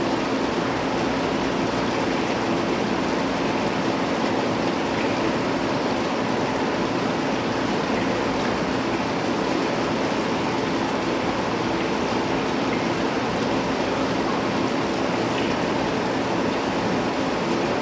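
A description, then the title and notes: Rain falls on a balcony in the city, a steady, dense hiss that holds at an even level for the whole stretch. Beneath it runs a low rumble like passing traffic, with a faint hum. Rain on a balcony in the City.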